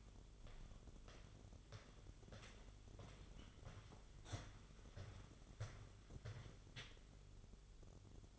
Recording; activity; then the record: daily activity, microphone in the room; walk to room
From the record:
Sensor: 4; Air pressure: 1009.0 hPa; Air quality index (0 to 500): 140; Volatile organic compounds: 2 ppm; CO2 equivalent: 1016 ppm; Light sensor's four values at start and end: 14/32/12/12 and 12/27/11/10